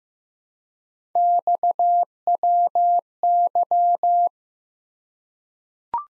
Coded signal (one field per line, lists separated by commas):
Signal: Morse code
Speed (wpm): 15 wpm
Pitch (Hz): 700 Hz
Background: none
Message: XWY